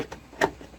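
The charging cable module that comes with a portable Pioneer DJ / AlphaTheta OMNIS-DUO DJ unit is pushed into a slot with perforated edges on the unit. A faint tick sounds at about 0.1 s, then a sharp, bright snap at 0.4 s as the module clicks into the compartment and seats.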